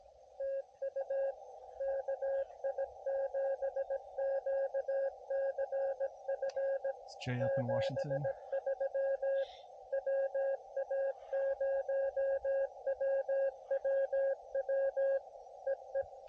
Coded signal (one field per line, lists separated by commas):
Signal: Morse code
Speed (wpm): 18 wpm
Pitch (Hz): 530 Hz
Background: speech, radio noise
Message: TU KI7QCF 73 WA0WWW EE